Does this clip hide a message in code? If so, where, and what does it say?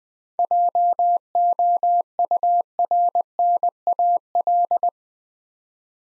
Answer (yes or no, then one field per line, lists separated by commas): yes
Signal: Morse code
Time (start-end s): 0.4-4.9 s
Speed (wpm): 20 wpm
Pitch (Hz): 700 Hz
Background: none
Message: JOURNAL